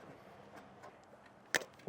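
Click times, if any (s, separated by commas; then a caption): 1.5 s. A white plastic wiring harness connector with its latch is lined up and pushed firmly into the socket on the control box of an Air Lift WirelessAIR air compressor system on a 2025 Chevrolet Silverado 1500. After low background noise, a sharp, bright click at 1.6 s marks the connector seating, followed by a fainter tap at 1.9 s.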